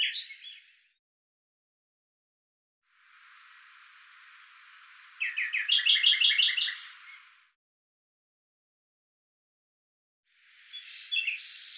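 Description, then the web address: Bird song: a short chirpy phrase, a pause, then a long phrase with a thin high whistle and quick stuttered notes; another phrase begins at the end. "Deverinetal 2025"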